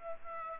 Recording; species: mosquito wingbeat signal from an infrared sensor; Aedes aegypti